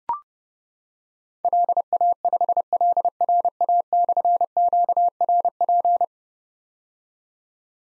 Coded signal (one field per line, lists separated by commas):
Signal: Morse code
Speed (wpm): 30 wpm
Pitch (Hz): 700 Hz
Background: none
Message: LA5LRA/QRP